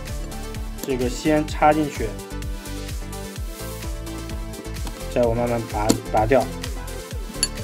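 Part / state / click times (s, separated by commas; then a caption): internal catch of a puzzle padlock / not seated / none. Someone talks over background music while inserting a part into a metal Loki puzzle padlock and then slowly pulling it out, trying to make its internal catch engage. Only faint small metallic ticks are heard, and nothing has clicked or caught yet. The latch fails to catch.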